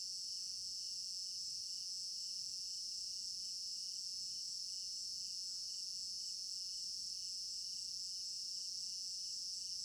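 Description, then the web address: Crickets chirping in a dense, steady high-pitched chorus that never pauses, with a few faint soft clicks beneath. Recorded at night in an African village garden; stereo binaural recording. "African-Village Garden Night Crickets 03 Stereo-Binaural. immersive sound library"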